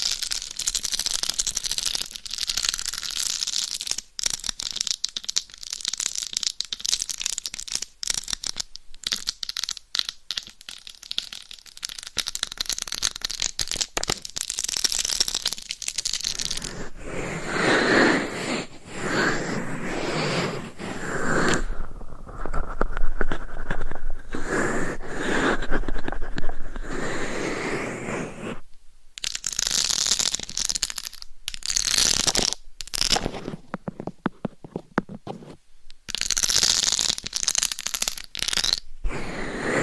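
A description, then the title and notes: Close, dry scratching, rubbing and tapping on a microphone, with dense rapid scratches through the first half giving way to slower, fuller rubbing strokes around the middle. Near the end, bursts of sharp scratching alternate with brief silent gaps, all very near. Binaural Dummy Head Mic Scratching , Massage & Tapping.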